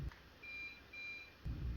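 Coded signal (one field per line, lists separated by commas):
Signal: beep code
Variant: ceiling fan timer beep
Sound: two medium-length high-pitched beeps with a short gap, low rumble before and after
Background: low rumbling hum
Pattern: 2 beeps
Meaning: Fan timer set to 2 hours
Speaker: two beeps for two hours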